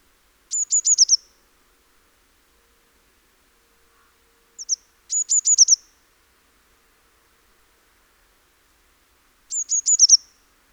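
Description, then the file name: Eurasian blue tit calling in bursts of thin, high, rapid notes, with a brief two-note fragment before the second burst, three main bursts throughout. "Cyanistes caeruleus"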